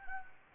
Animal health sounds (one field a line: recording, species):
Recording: mosquito wingbeat signal from an infrared sensor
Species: Anopheles gambiae